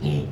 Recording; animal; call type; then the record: contact call of a hoofed animal; pig; closed-mouth grunt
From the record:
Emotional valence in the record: negative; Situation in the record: short social isolation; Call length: 0.32 s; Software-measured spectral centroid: 1690 Hz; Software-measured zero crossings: 650 a second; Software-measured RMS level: -24 dBFS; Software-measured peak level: -13 dBFS